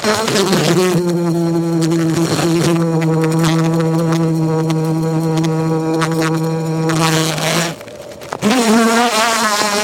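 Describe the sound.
Bumblebee droning on one low, steady pitch for nearly eight seconds, then a short pause before the buzz returns slightly higher.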